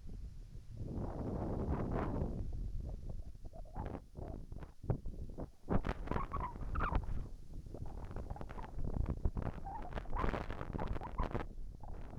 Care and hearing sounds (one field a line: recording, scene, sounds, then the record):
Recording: everyday scene through a hearing-aid microphone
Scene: wind on the microphone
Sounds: wind, whistling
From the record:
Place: in front of a rural house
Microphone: behind the ear, right, rear